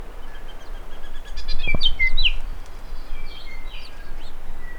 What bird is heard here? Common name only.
New Zealand Bellbird